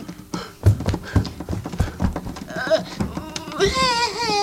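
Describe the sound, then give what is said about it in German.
Quick, rhythmic footsteps of people running away patter along in a steady running beat, each step a soft thud, before a wavering high-pitched tone rises over the final second. “Jawohl, jetzt rennen wir davon.”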